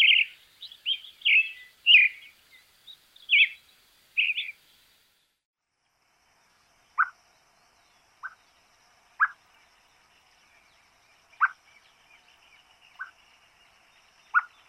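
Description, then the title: Creamy-bellied thrush song: a run of varied warbled phrases for about five seconds, then sparse single clear notes spaced one to two seconds apart. "ZORZAL CHALCHALERO"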